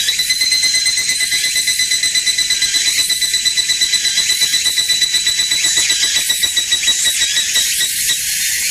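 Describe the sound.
Evening cicada call, a high shrill rapid rhythmic pulsing with a steady tonal whine throughout.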